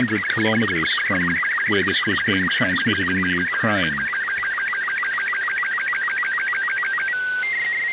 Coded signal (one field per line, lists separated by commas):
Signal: SSTV (slow-scan television)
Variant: Robot 36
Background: speech